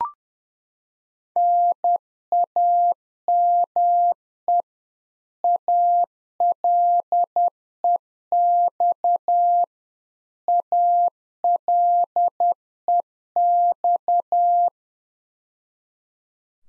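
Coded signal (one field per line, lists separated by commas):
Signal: Morse code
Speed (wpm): 10 wpm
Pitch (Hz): 700 Hz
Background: none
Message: NAME ALEX ALEX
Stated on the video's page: Practice QSO drill at 10wpm, beginning segment with RST, QTH and name; each segment sent in Morse, spoken, then sent again.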